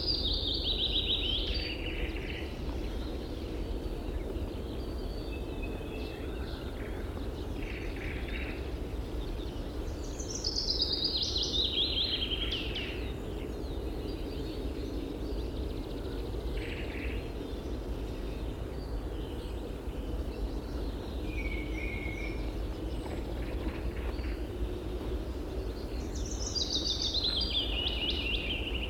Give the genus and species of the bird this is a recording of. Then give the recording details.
Phasianus colchicus. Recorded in the wild. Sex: male. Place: Lewitzrand, Insel Rügen, Mecklenburg-Vorpommern, DE. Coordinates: 53.456, 11.699. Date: 1978-05-11. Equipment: Nagra III BH, Sennheiser MD 21, parabola. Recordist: Schubert, Michael